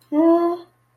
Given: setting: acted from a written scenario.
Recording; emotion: vocal sound without words; realization